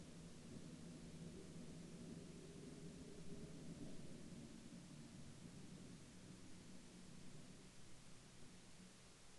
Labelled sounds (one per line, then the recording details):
near silence
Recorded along the Dempster Highway, Canada, on 11 April 2020 at 10:00
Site 25